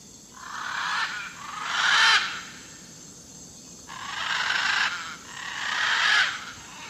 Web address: S America Eastern Lowlands - Ara ararauna, calls pair landing